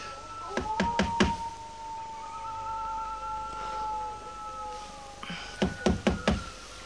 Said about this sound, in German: Ach, trotzdem klopf lieber an, John.